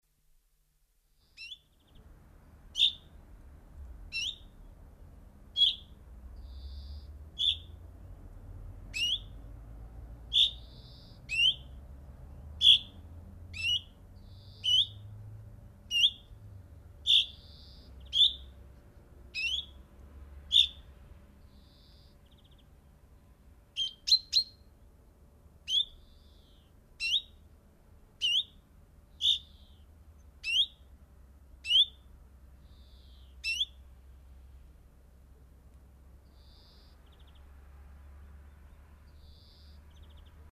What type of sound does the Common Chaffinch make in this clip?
call